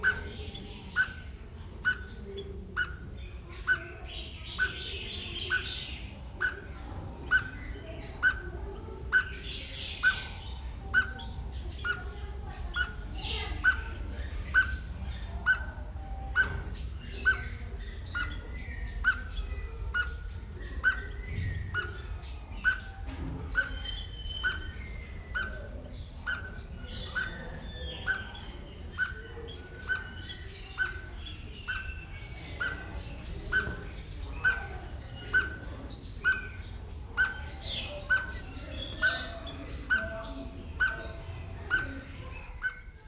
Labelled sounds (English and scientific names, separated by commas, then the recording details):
Speckled Tinkerbird (Pogoniulus scolopaceus) call
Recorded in captivity
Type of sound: call
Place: Zoo Berlin, Berlin, DE
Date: 1995-03-14 14:09
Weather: bedeckt, -1 °C
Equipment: Sony WM-D6C, Sennheiser ME 80, Kopie Uher Variocord 263
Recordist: Tembrock, Günter
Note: Rufreihe. Entfernung: 60 cm. Keine Beschilderung